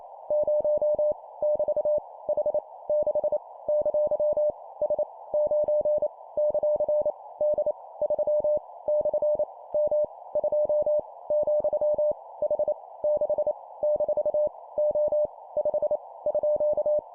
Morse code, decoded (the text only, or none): 0 <BT> H 6 ! S 9 ; D 3 / M 2 , H 6 - O 5 _